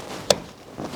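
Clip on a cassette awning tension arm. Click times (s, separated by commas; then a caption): 0.3 s. A clip on the tension arm of a Thule 5200 cassette awning on a Toyota Coaster bus build is swung around and clipped on to tighten the arm. It snaps into place with a sharp, loud hit at 0.3 s, followed by a softer knock at 0.8 s. The clip is seated.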